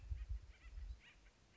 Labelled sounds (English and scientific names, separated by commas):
Acorn Woodpecker (Melanerpes formicivorus)